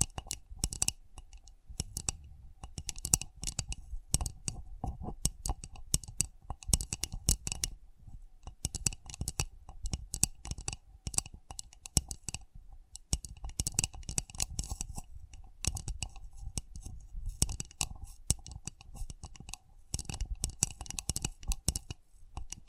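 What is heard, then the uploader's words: Sensitive ASMR tapping with dense, rapid, irregular clicks and scratchy taps throughout, briefly pausing around eight seconds, with crisp bright edges. ASMR Sensitive Tapping (No Talking).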